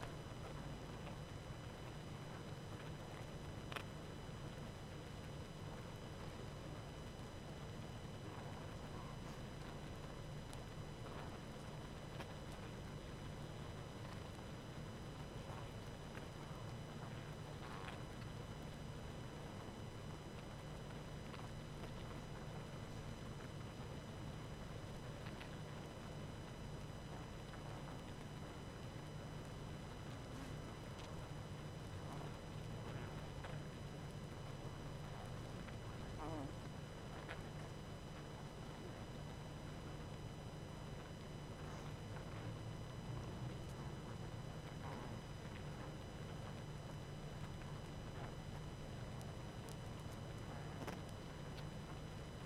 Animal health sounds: honeybee colony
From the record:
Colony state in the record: active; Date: 12 June 2018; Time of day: 19:31

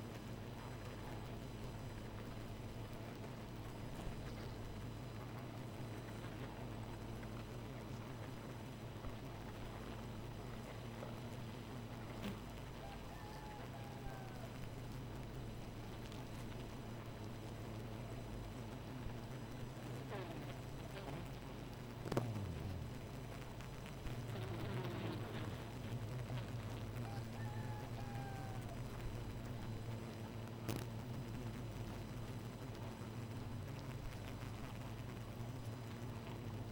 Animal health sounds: honeybee colony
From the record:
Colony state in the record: missing queen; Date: 14 July 2017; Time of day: 2:59

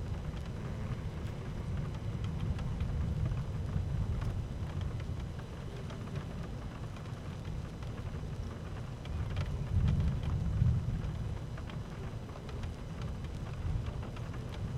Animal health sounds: honeybee colony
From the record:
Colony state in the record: active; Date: 12 June 2018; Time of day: 12:51

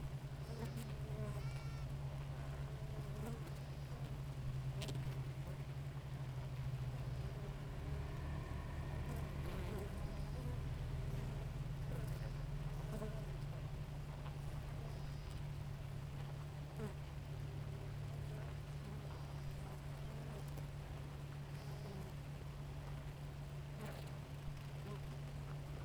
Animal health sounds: honeybee colony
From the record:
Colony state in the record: active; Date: 28 July 2017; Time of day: 5:41

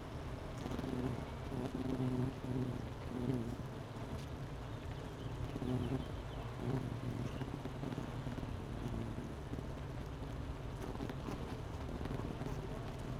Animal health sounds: honeybee colony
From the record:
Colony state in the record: missing queen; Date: 31 May 2018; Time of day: 9:24

